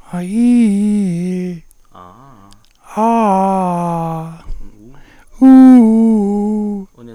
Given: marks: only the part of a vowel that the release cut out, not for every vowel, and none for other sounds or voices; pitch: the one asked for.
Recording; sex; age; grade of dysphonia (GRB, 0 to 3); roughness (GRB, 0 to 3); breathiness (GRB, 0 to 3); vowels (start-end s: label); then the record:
sustained vowels; male; 60 to 69 years; 3; 2; 3
0.35-1.40 s: vowel /i/, low-high-low pitch
3.05-4.24 s: vowel /a/, low-high-low pitch
5.82-6.65 s: vowel /u/, low-high-low pitch
From the record:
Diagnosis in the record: cordectomy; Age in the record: 67 years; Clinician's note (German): Zustand danach, links, schönes Narbenstimmband mit phonatorischem Stillstand